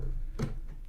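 A second DDR4 memory stick is handled over a motherboard DIMM slot, producing a short burst of broadband handling noise around 0.4 s and faint taps near the end over a low hum. Nothing has seated or clicked yet; the stick is not yet pressed home and the retention levers have not snapped shut.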